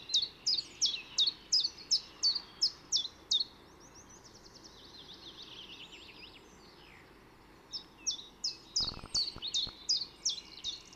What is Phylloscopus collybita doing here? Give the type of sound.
song